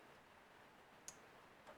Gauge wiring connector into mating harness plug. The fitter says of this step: Again, this way, only one way. Pushing it until it clicks.